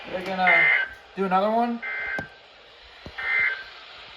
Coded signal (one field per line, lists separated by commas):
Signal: Emergency Alert System (SAME) tones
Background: speech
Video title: Lots of Winter Storm Warnings | Alerts from 1/23/26 - EAS #1553 - 1558